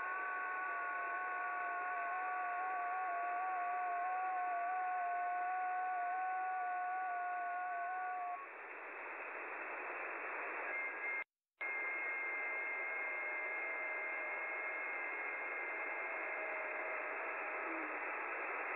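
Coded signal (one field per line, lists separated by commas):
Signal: FT8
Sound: several faint steady warbling tones over hiss, a pause, then new tones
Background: radio static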